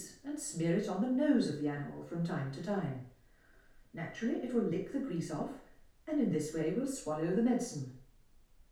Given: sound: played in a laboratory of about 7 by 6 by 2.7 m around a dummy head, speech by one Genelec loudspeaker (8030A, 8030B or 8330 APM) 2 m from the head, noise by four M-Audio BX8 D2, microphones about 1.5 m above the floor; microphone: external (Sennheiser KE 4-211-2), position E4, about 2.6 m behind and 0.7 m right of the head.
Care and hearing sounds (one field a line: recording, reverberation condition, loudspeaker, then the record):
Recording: female speech in English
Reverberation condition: medium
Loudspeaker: 60 degrees to the right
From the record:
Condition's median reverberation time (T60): about 510 ms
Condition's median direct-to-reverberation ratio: about -0.5 dB